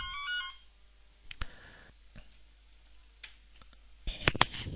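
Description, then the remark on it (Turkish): A phone ringtone plays a short burst of bright, electronic melodic tones, then cuts off, followed by quiet scattered clicks and taps with a sharper cluster of knocks at the end. “Telefon için ara vermek zorunda kaldım.”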